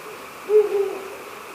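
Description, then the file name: Ural owl hooting briefly: a low hoot running straight into a slightly quieter second note, then quiet hiss. "fukuro"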